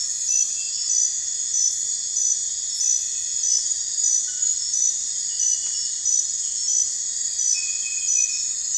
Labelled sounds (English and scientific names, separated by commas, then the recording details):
none
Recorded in dense forest near Puerto Asís, Putumayo, Colombia, on 21 December 2024 at 01:30
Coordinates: 0.468, -76.322
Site G071